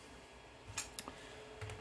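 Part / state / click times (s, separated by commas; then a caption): printed insert piece into mini desktop case frame / seated / 1.0 s. A 3D-printed insert for a Raspberry Pi 4 mini desktop case, its corners trimmed so it fits snugly, is pressed into the case frame. After a light tap near 0.8 s, a sharp click at 1.0 s marks the insert popping into place, followed by a faint tick and soft handling clicks near 1.6 to 1.8 s. The insert is seated and no longer rattles.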